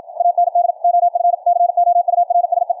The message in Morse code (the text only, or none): AND OF COURSE